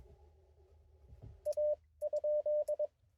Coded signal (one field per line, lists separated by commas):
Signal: Morse code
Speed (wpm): 21 wpm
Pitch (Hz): 590 Hz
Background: none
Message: A?